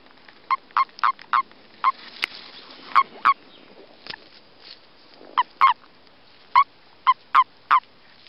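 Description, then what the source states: Common toad calls: clipped, quacking notes in small clusters separated by pauses, over a faint background hiss. Recorded during breeding.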